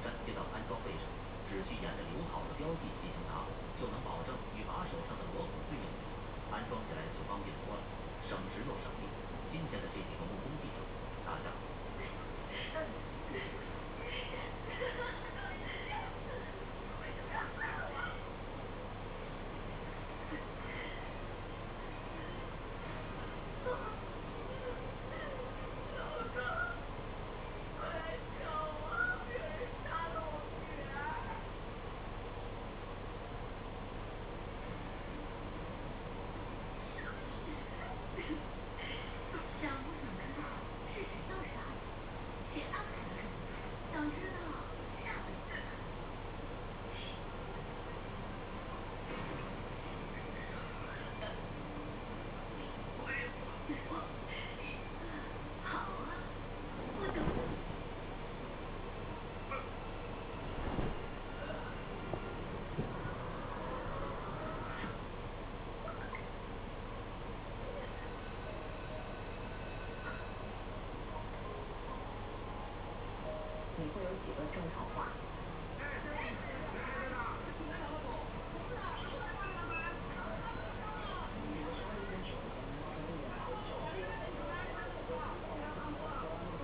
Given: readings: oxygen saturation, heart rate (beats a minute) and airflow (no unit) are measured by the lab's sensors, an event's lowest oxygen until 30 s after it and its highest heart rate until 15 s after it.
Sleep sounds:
a person awake in a sleep study, by a voice recorder at the bedside; none
0.00-86.63 s: awake
From the record:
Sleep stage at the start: awake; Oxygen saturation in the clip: 92 to 93%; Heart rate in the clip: 59 to 72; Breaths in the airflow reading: 28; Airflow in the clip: -7.3 to 8.0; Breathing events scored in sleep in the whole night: 476 in 9.7 hours asleep

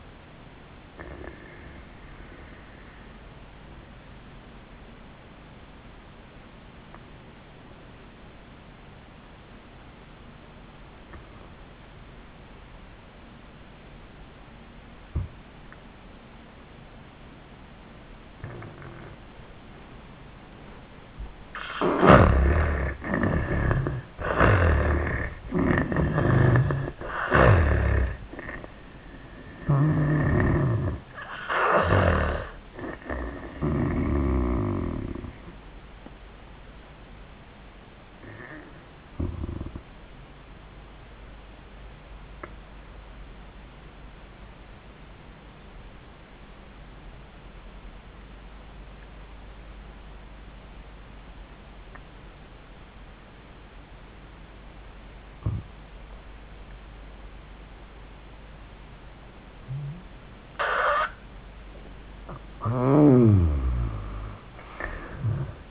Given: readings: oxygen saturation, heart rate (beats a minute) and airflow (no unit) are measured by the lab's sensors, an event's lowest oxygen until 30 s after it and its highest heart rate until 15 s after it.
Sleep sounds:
breathing in sleep by a voice recorder at the bedside; 2
3.00-22.70 s: obstructive apnea (N1, oxygen 95% highest, then 77% lowest, heart rate 84 at the start, 94 highest)
39.00-61.50 s: obstructive apnea (N1, oxygen 97% highest, then 74% lowest, heart rate 89 at the start, 93 highest)
49.00-65.71 s: new sleep stage, N2 (light sleep)
From the record:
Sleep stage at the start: N1 (lightest sleep); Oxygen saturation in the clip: 75 to 97%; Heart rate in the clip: 71 to 94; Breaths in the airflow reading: 6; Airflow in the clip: -29.6 to 28.3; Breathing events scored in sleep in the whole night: 400 in 8.7 hours asleep

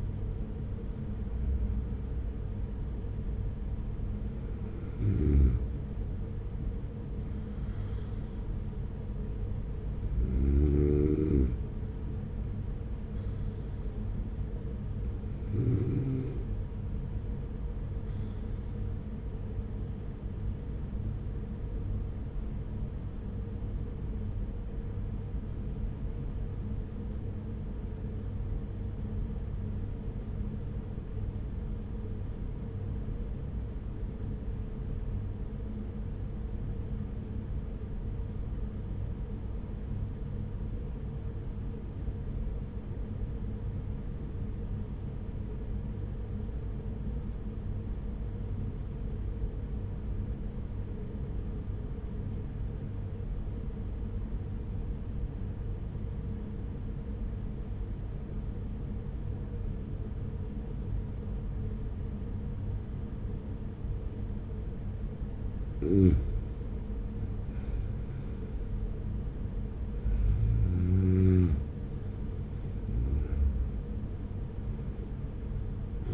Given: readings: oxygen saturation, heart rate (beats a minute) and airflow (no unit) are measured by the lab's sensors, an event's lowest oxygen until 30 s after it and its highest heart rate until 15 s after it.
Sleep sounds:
breathing in sleep by a smartphone at the bedside; 1
19.00-66.60 s: obstructive apnea (REM, oxygen 97% highest, then 87% lowest, heart rate 45 at the start, 50 highest)
From the record:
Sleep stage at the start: REM sleep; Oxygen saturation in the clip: 88 to 97%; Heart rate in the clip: 43 to 71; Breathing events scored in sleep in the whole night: 210 in 6.9 hours asleep

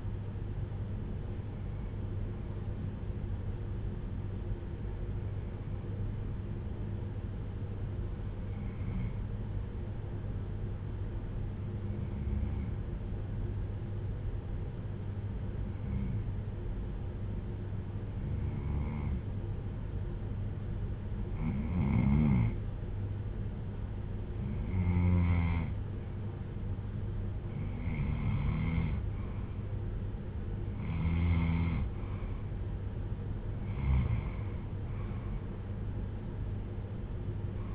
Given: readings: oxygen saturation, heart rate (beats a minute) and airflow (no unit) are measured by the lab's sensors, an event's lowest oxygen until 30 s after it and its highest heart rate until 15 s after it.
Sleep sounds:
breathing in sleep by a smartphone at the bedside; 1
5.00-28.80 s: hypopnea (N1, oxygen 96% highest, then 92% lowest)
10.00-37.75 s: new sleep stage, N2 (light sleep)
From the record:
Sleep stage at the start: N1 (lightest sleep); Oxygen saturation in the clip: 93 to 96%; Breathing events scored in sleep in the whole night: 310 in 8.1 hours asleep

